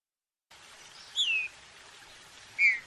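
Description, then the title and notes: Green-winged saltator: two clear, falling whistled notes over a steady hiss. Classic song style (canto clássico), for training. "Canto Clássico Trinca Ferro TREINAMENTO. trinca fero"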